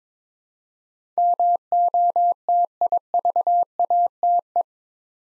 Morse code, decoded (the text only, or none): MOTIVATE